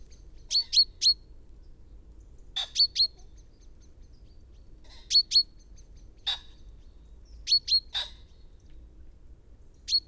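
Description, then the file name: Common chaffinch giving sharp, high chirps in clusters of two or three, repeated every couple of seconds with occasional single notes between. "Fringilla coelebs"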